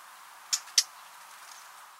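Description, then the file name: Eurasian blackcap giving two sharp, clicking tack notes about a quarter second apart, then quiet hiss. "Sylvia atricapilla"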